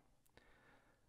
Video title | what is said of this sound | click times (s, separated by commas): 21 How to assemble an exercise bike | let's push it in listen for it clicking which it did | 0.4 s